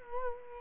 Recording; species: mosquito wingbeat signal from an infrared sensor; Culex quinquefasciatus